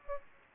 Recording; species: mosquito wingbeat signal from an infrared sensor; Aedes aegypti